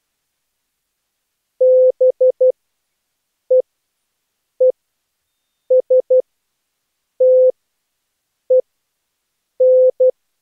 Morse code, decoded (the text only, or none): BEESTEN